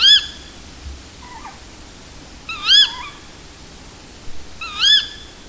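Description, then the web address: Tawny owl giving loud, harsh rising-and-falling calls, three strong ones roughly every two to three seconds, with a fainter call between the first two. "agykontroll Madardalok Cd 1. Macskabagoly"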